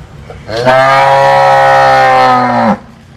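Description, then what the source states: Cattle moo: a single sustained, rich bellow of about two seconds, steady in pitch with a slight rise at the start and a drop at the end. Cow lowing.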